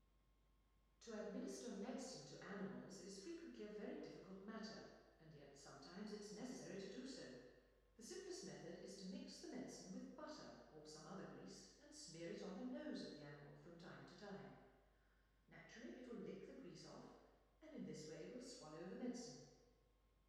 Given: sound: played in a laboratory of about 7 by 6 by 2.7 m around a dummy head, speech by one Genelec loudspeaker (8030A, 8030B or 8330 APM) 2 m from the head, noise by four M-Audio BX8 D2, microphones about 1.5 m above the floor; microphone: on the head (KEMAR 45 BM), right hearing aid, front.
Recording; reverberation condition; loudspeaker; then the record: female speech in English; high; 90 degrees to the left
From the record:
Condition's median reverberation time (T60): about 1300 ms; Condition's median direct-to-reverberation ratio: about -4.0 dB